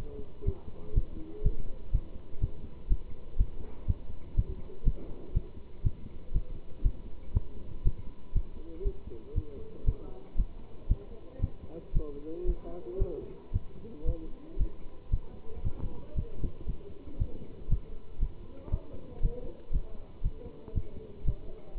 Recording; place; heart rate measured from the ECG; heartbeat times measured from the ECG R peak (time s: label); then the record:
heart sounds by stethoscope; between the tricuspid and mitral areas; 118 bpm
0.45 s: heartbeat
0.94 s: heartbeat
1.42 s: heartbeat
1.91 s: heartbeat
2.40 s: heartbeat
2.88 s: heartbeat
3.37 s: heartbeat
3.86 s: heartbeat
4.35 s: heartbeat
4.84 s: heartbeat
5.33 s: heartbeat
5.83 s: heartbeat
6.32 s: heartbeat
6.82 s: heartbeat
7.33 s: heartbeat
7.83 s: heartbeat
8.33 s: heartbeat
8.83 s: heartbeat
9.34 s: heartbeat
9.85 s: heartbeat
10.36 s: heartbeat
10.88 s: heartbeat
11.40 s: heartbeat
11.93 s: heartbeat
12.45 s: heartbeat
12.98 s: heartbeat
13.52 s: heartbeat
14.05 s: heartbeat
14.57 s: heartbeat
15.10 s: heartbeat
15.62 s: heartbeat
16.14 s: heartbeat
16.66 s: heartbeat
17.17 s: heartbeat
17.68 s: heartbeat
18.19 s: heartbeat
18.70 s: heartbeat
19.21 s: heartbeat
19.71 s: heartbeat
20.22 s: heartbeat
20.73 s: heartbeat
21.24 s: heartbeat
21.75 s: heartbeat
From the record:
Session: pedaling a stationary bicycle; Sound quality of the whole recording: good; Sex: male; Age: 27 years